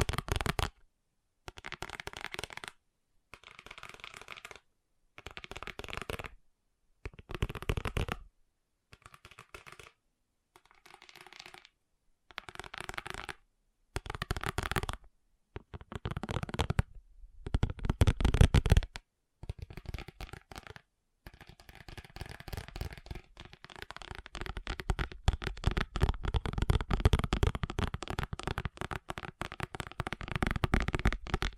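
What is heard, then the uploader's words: Fast tapping comes in short bursts of about a second, split by near-silent gaps, for the first twenty seconds. After that the taps run together into a dense, continuous flurry. The sound is crisp, like fingertips on a hard surface. ASMR Fast Tapping for Intense Tingles (No Talking).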